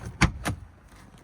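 An AUXMART retractable cargo cover in a Honda CR-V SUV cargo area is pulled back, and its end bar is guided into the small cutouts in the side trim. A sharp snap at 0.2 s is followed by a softer knock around 0.5 s, then quiet. The cover end is seated in the cutouts.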